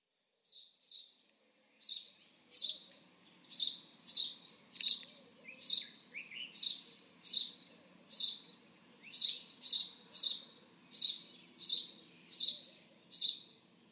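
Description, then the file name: House sparrow calling with a long run of sharp chirps, roughly three every two seconds, steady and insistent after a few hesitant opening notes. "Passer domesticus"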